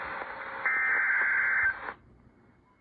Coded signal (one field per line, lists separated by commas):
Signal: Emergency Alert System (SAME) tones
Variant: header bursts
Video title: FM Flash Flood Warning from PAH (EAS #90)